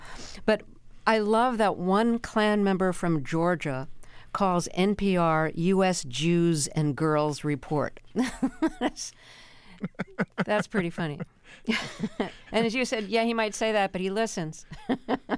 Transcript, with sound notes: But I love that one Klan member from Georgia calls NPR U.S. Jews and girls report.
(LAUGHTER)
That's pretty funny. And as you said, yeah, he might say that, but he listens.